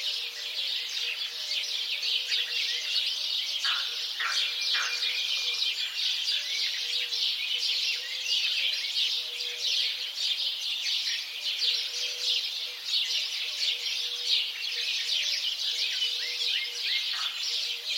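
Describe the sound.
House sparrow flock calling at length, an unbroken wash of shrill chirps with scattered lower downslurred calls and a faint low hum.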